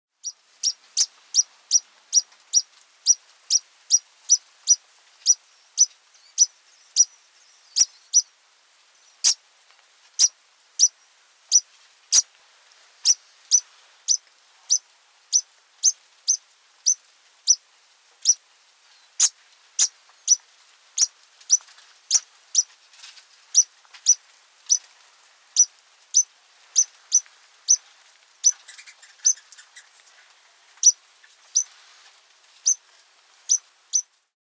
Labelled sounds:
Degu
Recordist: Tembrock, Günter
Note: Weibchen mit Jungen: kontinuierliche Lautgebung, jeder Laut mit Ohrzucken (nach hinten) verbunden

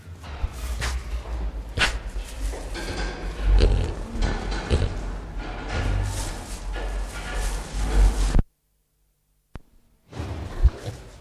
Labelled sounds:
White-lipped Peccary call
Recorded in captivity
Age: adult
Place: Zoo Berlin, Berlin, DE
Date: 1959-11-14 16:00
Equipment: Reporter (Vollspur)
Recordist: Tembrock, Günter

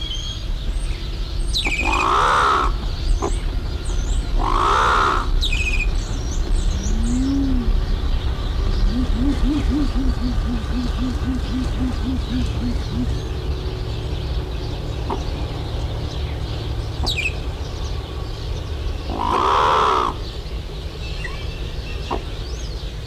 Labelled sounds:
Green Imperial Pigeon
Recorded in captivity
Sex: pair
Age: adult
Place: Zoo Berlin, Berlin, DE
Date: 1990-09-17 12:42
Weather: sunny, 15°C
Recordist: Tembrock, Günter

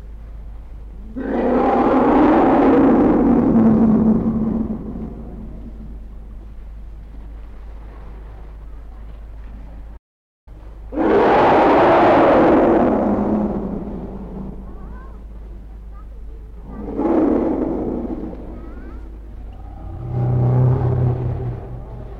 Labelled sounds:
Asian Elephant call
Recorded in captivity
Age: juvenile
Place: Zoo Berlin, Berlin, DE
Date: 1961-02-25 13:30
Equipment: Minifon, Kopie Smaragd
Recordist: Tembrock, Günter
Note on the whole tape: Jungtier (ca. 6 Jahre alt): beim Baden im Haus (Herde ist im Freigehege) Brüllen, dabei Maul geöffnet und Rüssel angehoben, Abstand ca. 8 bis 10 m. Achtung starker Hall

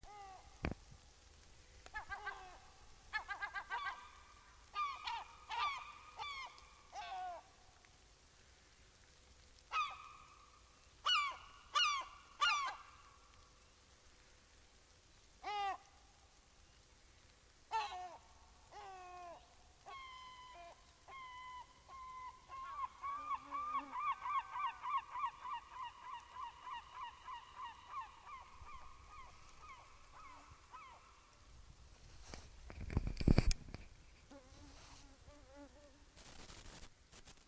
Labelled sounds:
Common Gull call
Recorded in the wild
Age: adult
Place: Halbinsel Kindo, Karelien, RU
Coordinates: 66.5514, 33.0908
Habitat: taiga
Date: 1991-07-23 10:13
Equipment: Uher 4000 Report Monitor ME 80, K 30 AV, Original
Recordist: Frommolt, Karl-Heinz
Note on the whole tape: Auf Hochspannungsleitung: gezogene Rufe

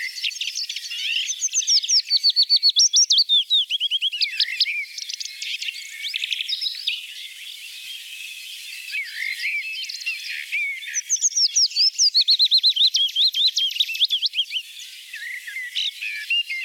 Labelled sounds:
Willow Warbler song
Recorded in the wild
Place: Merdingen bis Ihringen / Kaiserstuhl, Baden-Württemberg, DE
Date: 1980-05-18
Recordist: Schwarz, Dieter

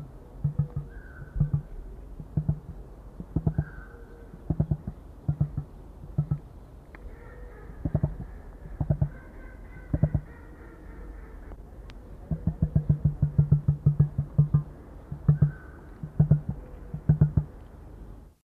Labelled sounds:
Emu call
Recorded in captivity
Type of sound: call
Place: Ruhr-Zoo Gelsenkirchen, DE
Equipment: Halbspur, 9,5 cm/s
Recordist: Lütgens, Hans
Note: Weibchen, im Ruhrzoo

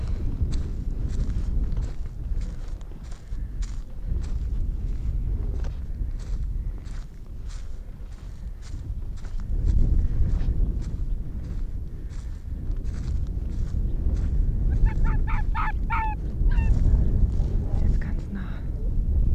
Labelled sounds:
Arctic Fox
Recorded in the wild
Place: Insel Mednyi, Kommandeur-Inseln, RU
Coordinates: 54.5167, 168.083
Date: 1999-06-23 17:50
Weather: 6°C, bewölkt, Westwind
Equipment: Sony WM-D6C, Sennheiser ME 80, K 30 AV, Windkorb, Kopie Sony TCD-D8
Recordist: Jakupi, Antje

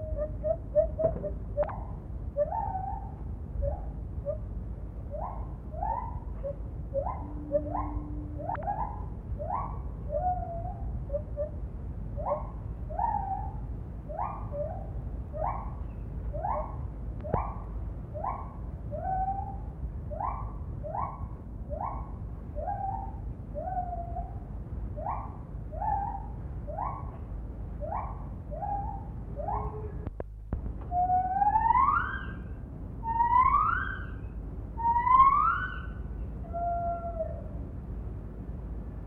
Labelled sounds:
Lar Gibbon
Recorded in captivity
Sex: female
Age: adult
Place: Tierpark Berlin, Berlin, DE
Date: 1967-11-21
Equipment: Kopie Smaragd
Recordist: Tembrock, Günter
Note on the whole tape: Rufe des Weibchens

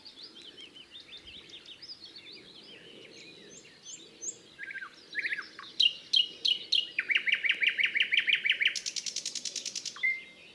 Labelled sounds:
Thrush Nightingale song
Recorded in the wild
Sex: male
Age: adult
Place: Zagórów, Nadwarcianski Park Krajobrazowy, Greater Poland Voivodeship, PL
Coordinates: 52.1815, 17.9259
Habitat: deciduous forest edge
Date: 2017-05-15 08:20
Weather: light cloud, light breeze
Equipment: Marantz PMD660 recorder, Sennheiser ME67 directional microphone
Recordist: Souriau, Abel

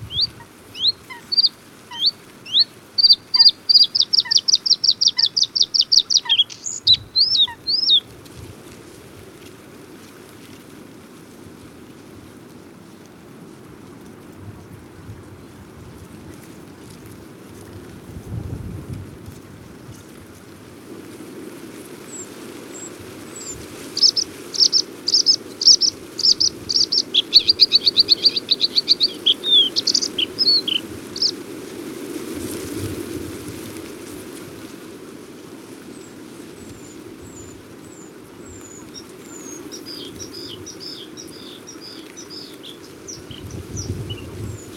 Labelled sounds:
Bluethroat song
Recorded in the wild
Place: Galenbeck, Mecklenburg-Vorpommern, DE
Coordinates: 53.626, 13.721
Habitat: Lake
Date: 1980-04-18
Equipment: Nagra III BH, Sennheiser MD 21, parabola
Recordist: Schubert, Michael

